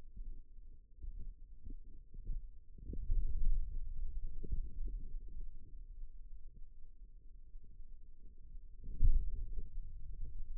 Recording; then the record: forearm muscle sounds (acoustic myography)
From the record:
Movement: pen grasping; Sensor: system 2, bracelet of six BSWA MPA416 microphones around the upper forearm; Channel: 4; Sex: male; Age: 22 years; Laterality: right